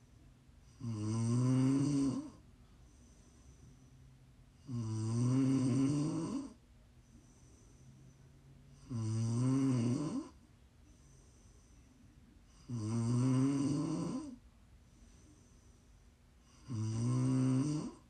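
Five loud, low, rumbling ASMR snores about 15 per minute, with quiet exhalations between, in a steady sleep-breathing rhythm.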